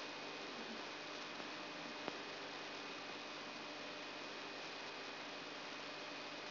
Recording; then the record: brain microelectrode recording played as sound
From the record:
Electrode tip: outside the subthalamic nucleus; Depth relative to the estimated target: -6 mm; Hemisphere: right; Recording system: AlphaMap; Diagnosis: Parkinson's disease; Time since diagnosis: 11 years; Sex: female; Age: 62 years